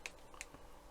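A plastic shaft support piece is pushed into a slot on a model U-boat hull panel and pops in. Two sharp, bright clicks sound at 0.1 s and 0.4 s, with a softer tick between them, and the piece is seated.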